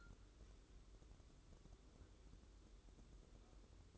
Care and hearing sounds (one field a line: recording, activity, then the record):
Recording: daily activity, microphone in the room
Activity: take from stove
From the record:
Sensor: 3